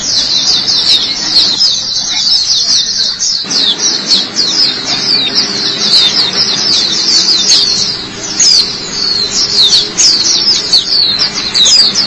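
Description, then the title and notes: White-eye song, an unbroken rush of shrill, fast chirps and trills. "Suara kicauan burung pleci"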